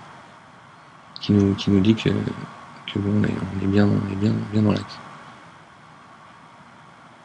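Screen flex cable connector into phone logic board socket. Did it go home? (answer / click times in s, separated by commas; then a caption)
no / none. During an iPhone 6 screen replacement, a screen flex cable connector (touch or LCD) is being lined up with its socket on the phone's logic board. Someone talks from about 1.2 to 4.9 s over a faint steady hum, and the clip is otherwise quiet. Nothing has seated or clicked yet.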